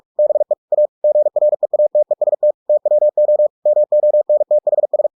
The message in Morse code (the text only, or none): BE A GREATEST TWO MONTHS